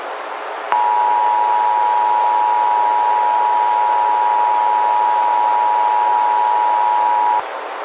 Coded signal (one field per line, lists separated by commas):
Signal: Emergency Alert System (SAME) tones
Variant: 853 and 960 Hz attention tone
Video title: Eas Scenario/Analog & Digital Horror - Star Merger (Supernova) (Remastered)